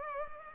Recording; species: mosquito wingbeat signal from an infrared sensor; Culex pipiens